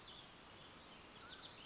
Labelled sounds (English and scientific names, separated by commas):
Mountain Quail (Oreortyx pictus)